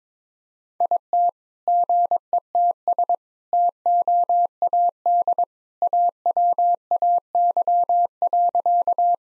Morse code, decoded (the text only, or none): IT GETS TOAD AWAY.